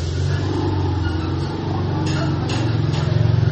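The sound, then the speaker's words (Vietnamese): A car engine rumbles steadily as the vehicle drives into the house, its low, droning hum swelling louder and pulsing more strongly toward the end, with faint higher clatter in the background. “Chắc xe vào nhà và khép cửa lại.”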